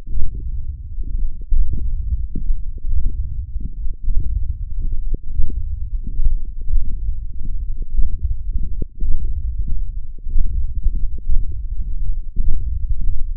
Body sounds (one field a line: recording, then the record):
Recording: forearm muscle sounds (acoustic myography)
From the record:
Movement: hand closing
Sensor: system 1, eight BSWA MPA416 microphones around the upper forearm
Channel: 5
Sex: male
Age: 21 years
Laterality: right